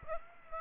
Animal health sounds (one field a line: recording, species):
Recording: mosquito wingbeat signal from an infrared sensor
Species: Aedes aegypti